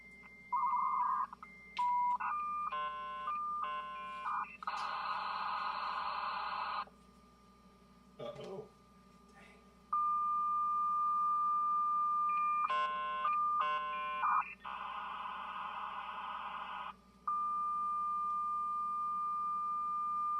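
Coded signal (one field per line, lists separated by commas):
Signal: dial-up modem handshake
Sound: steady tones, warbling stepped bursts, then loud broadband hiss, repeated twice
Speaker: Hopefully that'll be a little bit better of a connection. That sounded a little bit more normal than before.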